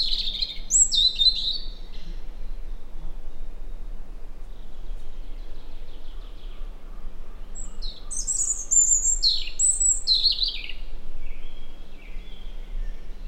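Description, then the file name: European robin song: thin, high warbling phrases of quick twittering notes near the start and again around eight to eleven seconds, with a steady low hum underneath. "Erithacus rubecula"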